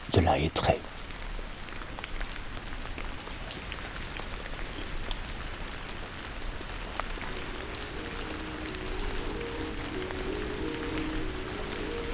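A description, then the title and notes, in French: Rain patters steadily across the whole clip with scattered drop ticks, after a brief loud knock at the start and a faint low hum later. Ambiance pluvieuse.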